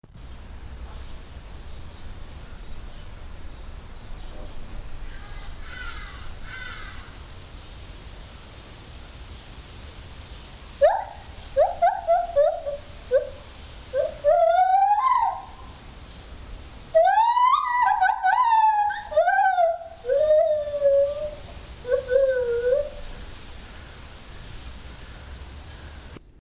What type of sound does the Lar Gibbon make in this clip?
call